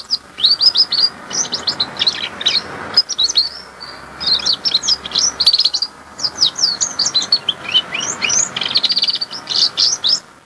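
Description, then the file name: Domestic canary song: a long, rapid run of varied high chirps, trills and short whistled notes, with only a brief pause near three seconds. "canarino canto"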